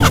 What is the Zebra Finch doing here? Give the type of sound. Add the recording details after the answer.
kackle call. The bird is a male. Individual mal9